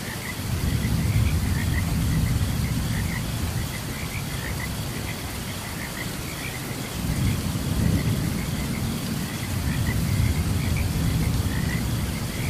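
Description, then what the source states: Frog chorus of rapid repeated chirps runs beneath loud rolling thunder that swells and fades several times, with steady rain throughout. Frogs chirping during a thunderstorm.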